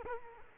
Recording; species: mosquito wingbeat signal from an infrared sensor; Culex quinquefasciatus